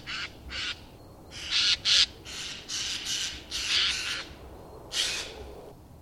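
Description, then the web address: Bird giving a series of rough, noisy squawks, varying in loudness, over light background hiss. "madarak enek"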